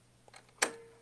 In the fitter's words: There. You heard that snap.